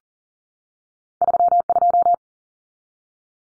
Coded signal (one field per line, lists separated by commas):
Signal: Morse code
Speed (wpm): 40 wpm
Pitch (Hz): 700 Hz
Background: none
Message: 32